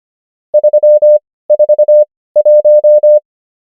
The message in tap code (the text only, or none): none